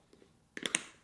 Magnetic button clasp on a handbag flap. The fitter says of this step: you know, you hear that click.